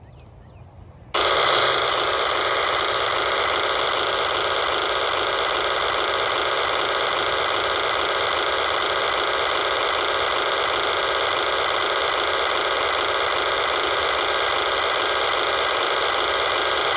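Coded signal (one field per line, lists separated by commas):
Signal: digital voice data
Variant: P25 control channel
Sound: short faint hiss, then continuous harsh buzzing data roar for about 16 seconds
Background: radio static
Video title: 153.170 MHz - First Energy P25 Trunking System Fork Mountain CC - System ID 89A NAC 89A WACN 01DB6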